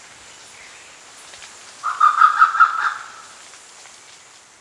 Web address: Grey Peacock Pheasant Barking Call